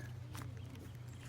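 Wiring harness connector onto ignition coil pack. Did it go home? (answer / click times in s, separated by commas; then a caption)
no / none. A plastic wiring harness connector is handled and pushed toward an ignition coil pack on a 2006 Honda Accord 4-cylinder engine during reassembly, with a few faint taps and rustles over a steady low hum. The connector is not yet home, and nothing has seated or clicked yet.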